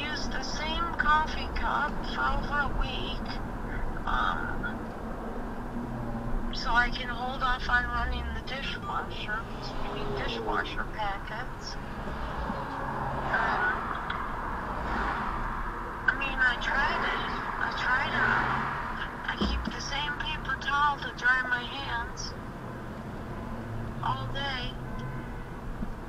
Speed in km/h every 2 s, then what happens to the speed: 39, 37, 35, 24, 19, 11, 13, 16, 10, 6, 10, 16, 19.
0-10 slows to 11. 14-17 slows to 6. 19-23 speeds up to 19.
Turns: none.